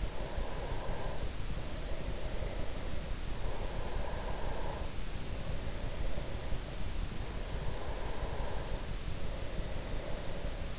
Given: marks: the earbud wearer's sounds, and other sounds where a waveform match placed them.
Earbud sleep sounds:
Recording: sounds in sleep by an in-ear microphone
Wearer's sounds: breath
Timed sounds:
0.00-2.97 s: breath
3.54-6.80 s: breath
7.25-10.79 s: breath

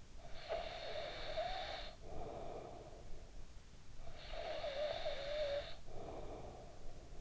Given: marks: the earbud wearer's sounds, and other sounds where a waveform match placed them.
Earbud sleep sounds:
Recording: sounds in sleep by an in-ear microphone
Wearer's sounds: snoring breath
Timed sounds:
0.16-3.53 s: snoring breath
3.76-7.21 s: snoring breath

